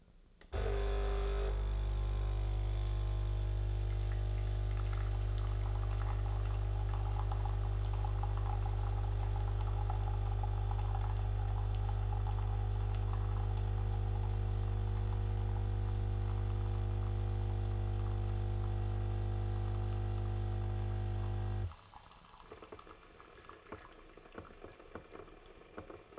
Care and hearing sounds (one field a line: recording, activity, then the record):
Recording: daily activity, microphone in the room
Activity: make coffee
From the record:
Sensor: 4